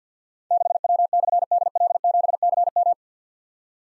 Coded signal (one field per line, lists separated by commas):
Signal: Morse code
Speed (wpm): 46 wpm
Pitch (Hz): 700 Hz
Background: none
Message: 6W/DL7CM